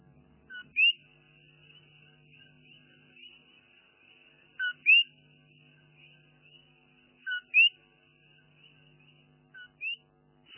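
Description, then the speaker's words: Coquí frog repeating its two-part call about four times, each a short low note then a louder rising whistle, spaced a few seconds apart over a faint steady hum. Small frog of genus Eleutherodactylus, one of 16 Puerto Rican species; its song represents Puerto Rico; sings tirelessly in the least sunny hours, forming choruses typical of Puerto Rican nights. "Es el canto del coquí."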